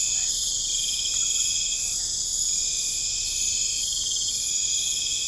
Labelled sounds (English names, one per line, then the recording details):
none
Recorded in pastures near Puerto Asís, Putumayo, Colombia, on 21 December 2024 at 22:00
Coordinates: 0.496, -76.326
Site G004